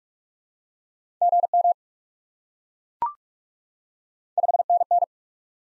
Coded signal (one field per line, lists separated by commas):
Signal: Morse code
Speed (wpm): 44 wpm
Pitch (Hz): 700 Hz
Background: none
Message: GM 5NN